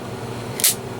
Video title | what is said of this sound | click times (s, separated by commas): Glock Mag disassembly With A Punch | it in there completely you're here click that's that inner plate being flipped down and then | 0.6 s